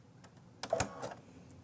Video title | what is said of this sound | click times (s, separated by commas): Ribbon Heart Tutorial: Learn How to Sew Buttonholes & Add Beautiful Ribbons! | okay we heard it click in and now there's one other part | 0.6 s, 0.8 s